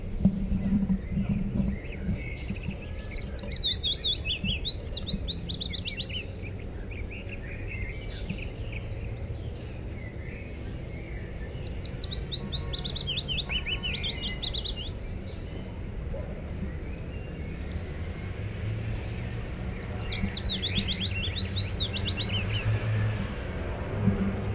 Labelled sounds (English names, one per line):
Willow Warbler